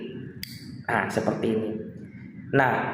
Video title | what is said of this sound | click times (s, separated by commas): Cara Menggunakan Obat Inhaler (Turbuhaler & Diskus) | putar kembali ke arah yang berlawanan sampai bunyi klik. | 0.4 s